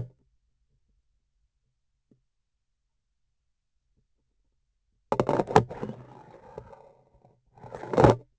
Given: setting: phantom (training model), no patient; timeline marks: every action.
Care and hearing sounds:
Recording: laparoscopic instrument, vibration sensor on the handle end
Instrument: grasping forceps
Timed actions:
0.00-0.29 s: removal through the trocar
5.07-7.39 s: insertion through the trocar
7.48-8.30 s: removal through the trocar
From the record:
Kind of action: spatial motion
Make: other than Olympus

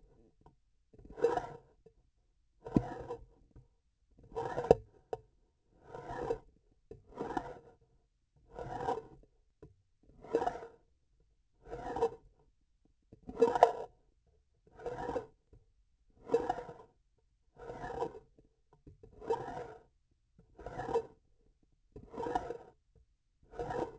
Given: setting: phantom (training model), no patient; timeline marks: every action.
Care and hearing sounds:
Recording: laparoscopic instrument, vibration sensor on the handle end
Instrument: grasping forceps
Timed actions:
1.12-1.61 s: retracting movement
2.56-3.22 s: approaching movement
4.30-4.81 s: retracting movement
5.69-6.40 s: approaching movement
7.12-7.62 s: retracting movement
8.42-9.01 s: approaching movement
10.17-10.78 s: retracting movement
11.54-12.14 s: approaching movement
13.29-13.91 s: retracting movement
14.67-15.32 s: approaching movement
16.24-16.95 s: retracting movement
17.52-18.19 s: approaching movement
19.20-19.85 s: retracting movement
20.50-21.15 s: approaching movement
21.96-22.74 s: retracting movement
23.41-23.99 s: approaching movement
From the record:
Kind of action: spatial motion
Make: Olympus

